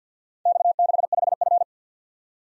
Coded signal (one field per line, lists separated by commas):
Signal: Morse code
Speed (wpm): 48 wpm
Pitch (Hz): 700 Hz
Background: none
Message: X65F